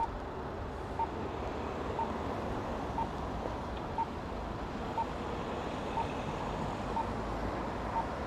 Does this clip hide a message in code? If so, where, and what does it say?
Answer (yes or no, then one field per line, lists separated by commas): no